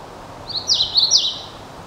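Hooded warbler song, a short phrase of a few clear, slurred whistled notes over background hiss.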